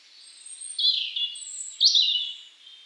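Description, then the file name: European robin song: two brief, high, liquid warbled phrases, each opening with a bright slurred note and trailing off into thin trills. "Erithacus rubecula"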